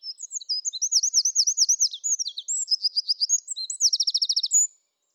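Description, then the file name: Eurasian wren song: a rapid, high-pitched torrent of sharp twittering notes and rattling trills for almost five seconds, ending in a fast, even trill, then silence. "Troglodytes troglodytes"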